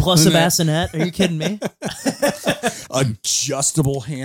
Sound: laughing